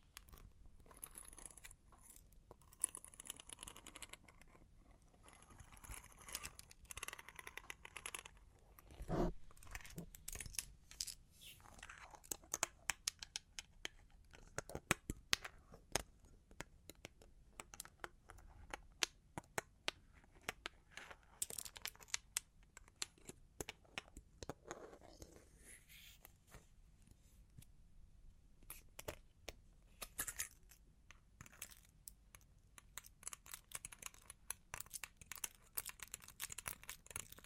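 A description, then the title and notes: Long claws tap and scratch in quick irregular clicks and scrapes, with a dense busy spell mid-clip and steady low rumble beneath. Long Claws Tapping and Scratching (No Talking).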